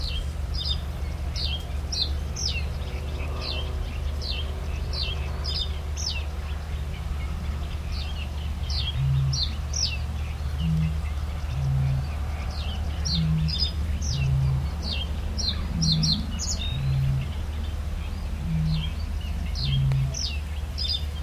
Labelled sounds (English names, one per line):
Reed Bunting